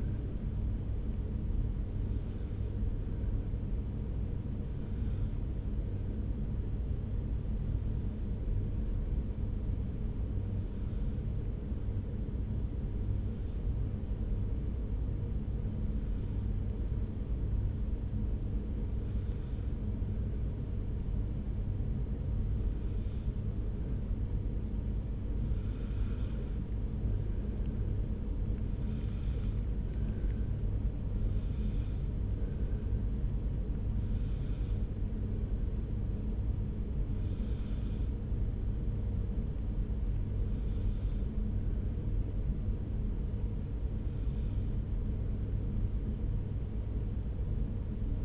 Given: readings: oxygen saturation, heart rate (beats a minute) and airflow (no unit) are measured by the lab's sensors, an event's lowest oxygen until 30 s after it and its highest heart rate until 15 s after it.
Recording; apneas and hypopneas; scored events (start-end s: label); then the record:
breathing in sleep by a smartphone at the bedside; 1
3.00-25.90 s: hypopnea (N1, oxygen 95% highest, then 94% lowest)
From the record:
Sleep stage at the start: N1 (lightest sleep); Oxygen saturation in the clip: 94 to 95%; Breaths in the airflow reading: 15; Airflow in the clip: -1.4 to 2.2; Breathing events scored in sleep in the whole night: 335 in 6.7 hours asleep